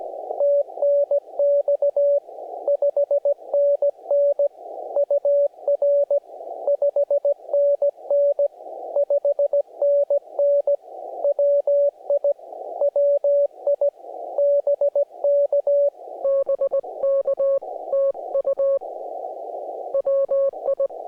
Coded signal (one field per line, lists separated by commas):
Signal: Morse code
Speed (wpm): 16 wpm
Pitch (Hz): 570 Hz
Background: radio noise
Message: TNX 5NN UR 5NN 5NN WI WI BK BK TU WI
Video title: QRP, CW POTA IN A SOLAR STORM - FT-891, GABIL 7350TC